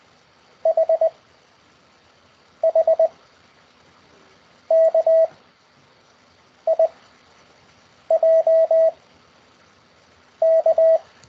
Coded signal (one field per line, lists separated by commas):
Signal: Morse code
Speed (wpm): 19 wpm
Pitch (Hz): 660 Hz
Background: radio noise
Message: H H K I J K